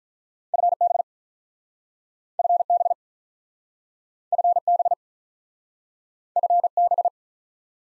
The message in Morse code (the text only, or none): FB FB FB FB